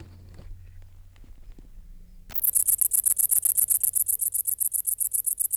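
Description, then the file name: Great green bush-cricket song starts abruptly after two quiet seconds, a loud, very high, rapidly pulsing buzz that continues steadily to the end. "Tettigonia viridissima"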